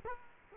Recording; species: mosquito wingbeat signal from an infrared sensor; Culex quinquefasciatus